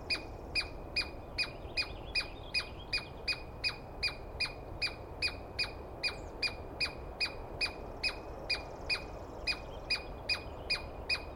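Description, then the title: Douglas squirrel screaming in a long, even run of sharp, harsh notes, about two and a half per second, each with a falling tail. Dawn recording, early morning, 21 April 2017, East Cascades; single squirrel calling at length and screaming; recordist not fully certain of identification, judged by sound. "Interview With The Chipmunk"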